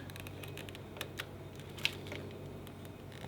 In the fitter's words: sure it's all the way in until it clicks so